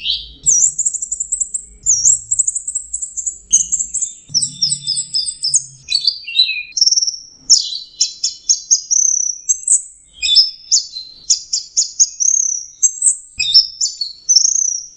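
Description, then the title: Orange-headed thrush delivering a long, continuous song of high, fast, twittering and whistled phrases, varied and packed closely together throughout. "Burung Anis Merah"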